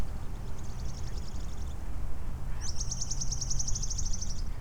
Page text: Canastero coludo (Asthenes pyrrholeuca) · Proyecto Impactar Desafío 40 · Biblioteca Digital IADIZA